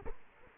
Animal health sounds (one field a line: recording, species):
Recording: mosquito wingbeat signal from an infrared sensor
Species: Culex quinquefasciatus